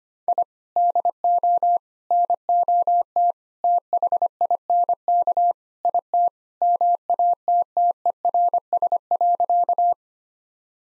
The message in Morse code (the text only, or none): I DO NOT THINK IT MATTERS.